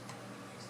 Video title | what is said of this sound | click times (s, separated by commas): How to Fix a Wash Machine that Won't Spin, Agitate or Drain - You will Learn A Lot | there was my click | 0.1 s